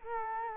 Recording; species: mosquito wingbeat signal from an infrared sensor; Culex quinquefasciatus